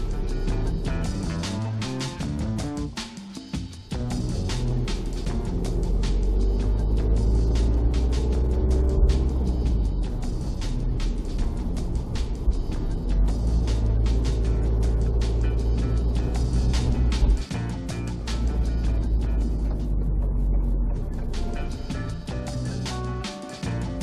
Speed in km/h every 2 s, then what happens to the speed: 15, 17, 18, 22, 28, 29, 27, 25, 26, 27, 22, 13.
0-9 speeds up to 29. 9-18 steady at about 27. 18-24 slows to 13.